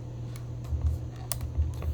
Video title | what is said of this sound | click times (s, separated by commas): Canon T3i (600D, Kiss X5) Video 2: Batteries, Lenses, SD Card, Modes, & Functions Explained | until it clicks into place and you can't move it and now you've changed your lenses | 1.3 s